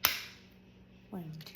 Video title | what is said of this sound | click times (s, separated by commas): How to give yourself an injection of Mounjaro (same for Zepbound) Back of arm | okay I'm going push in and then you're going to push in you're waiting for two clicks okay | 0.0 s